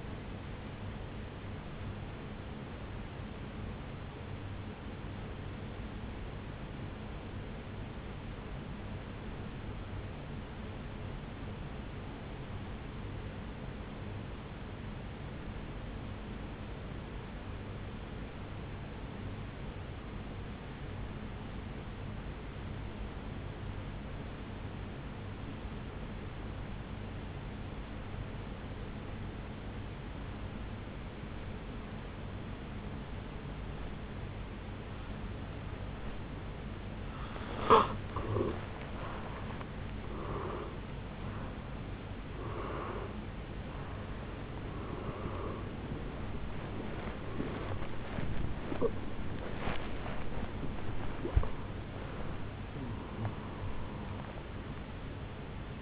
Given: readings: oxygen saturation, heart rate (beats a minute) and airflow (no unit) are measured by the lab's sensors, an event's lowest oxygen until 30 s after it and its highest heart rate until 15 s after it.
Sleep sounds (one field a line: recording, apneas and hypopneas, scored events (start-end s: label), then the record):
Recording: breathing in sleep by a voice recorder at the bedside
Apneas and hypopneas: 1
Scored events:
6.00-37.60 s: obstructive apnea (N1, oxygen 97% highest, then 83% lowest, heart rate 53 at the start, 74 highest)
From the record:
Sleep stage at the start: N1 (lightest sleep)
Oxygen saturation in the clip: 83 to 97%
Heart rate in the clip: 53 to 74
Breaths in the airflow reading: 9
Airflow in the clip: -11.5 to 8.5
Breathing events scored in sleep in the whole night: 449 in 7.0 hours asleep